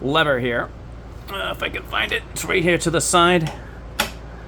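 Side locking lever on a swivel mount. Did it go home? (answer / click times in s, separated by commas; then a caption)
yes / 4.0 s. Someone talks while finding and moving a side locking lever on a thick plastic swivel mount. A sharp tick at 4.0 s marks the lever locking the swivel into place.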